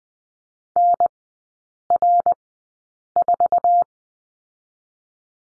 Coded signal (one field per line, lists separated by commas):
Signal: Morse code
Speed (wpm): 20 wpm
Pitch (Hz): 700 Hz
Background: none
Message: NR4